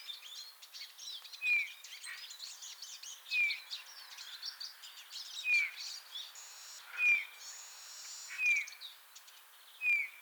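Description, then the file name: Eurasian bullfinch calls: short, pure downslurred whistles spaced about every one and a half to two seconds, with twittering and chattering of other small birds throughout. "Pyrrhula pyrrhula"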